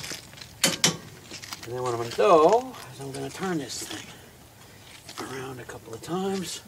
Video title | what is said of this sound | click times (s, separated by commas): Hub Bearing Replacement pt 6 of 7 | till it clicks | 0.6 s, 0.8 s